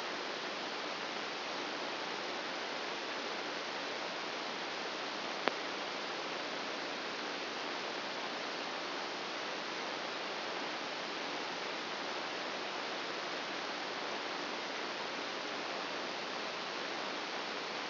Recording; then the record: brain microelectrode recording played as sound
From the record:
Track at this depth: outside the subthalamic nucleus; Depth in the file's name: -1.309 mm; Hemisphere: right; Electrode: 2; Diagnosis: Parkinson's disease